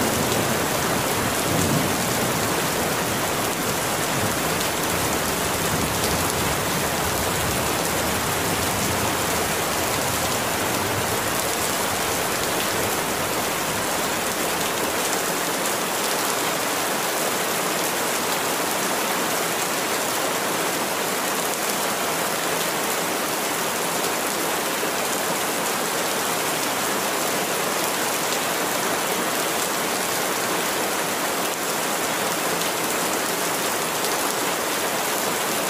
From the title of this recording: Rain with Thunder